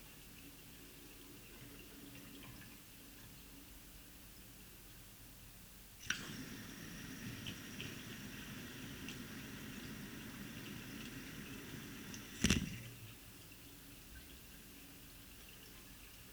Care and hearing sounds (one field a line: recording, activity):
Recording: daily activity, guitar pickup as the sensor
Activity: flush